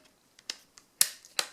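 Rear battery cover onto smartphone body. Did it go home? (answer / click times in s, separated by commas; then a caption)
yes / 0.5 s, 1.0 s, 1.4 s. The plastic rear battery cover of a Mlais M7 smartphone is pressed back onto the phone body after the battery and card slots are shown. Its clips snap in one after another, with sharp clicks at 0.5, 1.0 and 1.4 seconds amid fainter ticks. The cover seats fully back in place.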